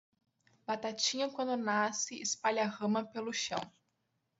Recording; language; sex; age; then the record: short text; Brazilian Portuguese; female; 20 to 29 years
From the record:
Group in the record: control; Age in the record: 21 years